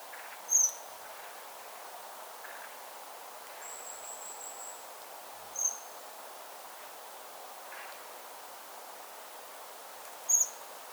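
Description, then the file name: Eurasian blackbird calling with three short, piercing high notes spaced roughly five seconds apart and one faint, drawn-out thin whistle, against a constant hissing background. "Turdus merula"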